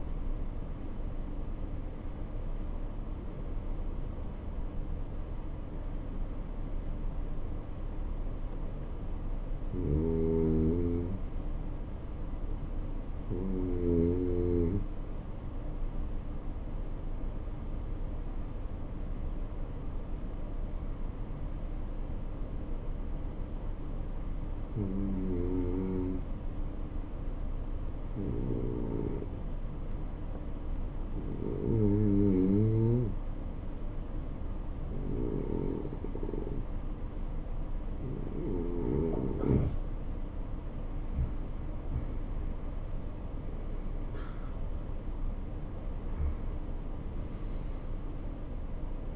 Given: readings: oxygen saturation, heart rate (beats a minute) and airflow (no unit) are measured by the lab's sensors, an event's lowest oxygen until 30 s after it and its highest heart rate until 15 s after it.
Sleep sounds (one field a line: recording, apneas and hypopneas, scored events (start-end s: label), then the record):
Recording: breathing in sleep by a smartphone at the bedside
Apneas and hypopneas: 1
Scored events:
3.00-39.70 s: hypopnea (N2, oxygen 96% highest, then 89% lowest, heart rate 65 at the start, 76 highest)
From the record:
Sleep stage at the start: N2 (light sleep)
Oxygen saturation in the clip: 82 to 96%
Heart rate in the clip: 64 to 76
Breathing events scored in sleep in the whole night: 277 in 7.4 hours asleep